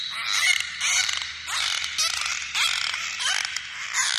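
Dolphin squeals and whistles, a run of bright, harsh bursts following one another with brief gaps.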